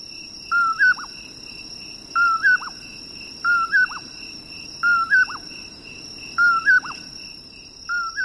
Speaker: West of the Rockies, the voice of a common poorwill echoes across a canyon.